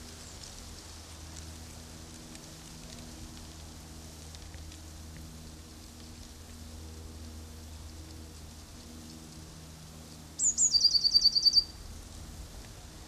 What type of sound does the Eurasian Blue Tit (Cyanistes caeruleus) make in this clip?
song